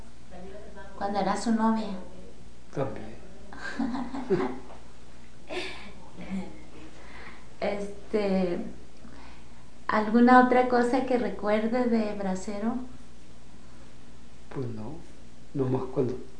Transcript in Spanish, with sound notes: Sí.
¿Cuando era su novia?
También. (risas)
¿Alguna otra cosa que recuerde de bracero?
Pues no, nomás cuando